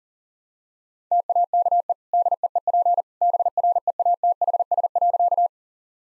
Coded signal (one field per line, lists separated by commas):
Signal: Morse code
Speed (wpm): 40 wpm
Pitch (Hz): 700 Hz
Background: none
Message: TAKE DEEP BREATHS.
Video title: Easy Sentences with Hints - 40wpm